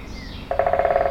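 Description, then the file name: Woodpecker drumming: a short, rapid run of resonant taps starting abruptly and holding a steady pace to the end, with faint high tones before it. Binaural recording. "Binaural Birds Woodpecker"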